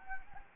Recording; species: mosquito wingbeat signal from an infrared sensor; Anopheles gambiae